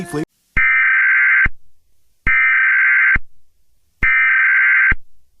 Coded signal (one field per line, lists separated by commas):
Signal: Emergency Alert System (SAME) tones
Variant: header bursts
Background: speech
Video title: EAS Scenario - Covid.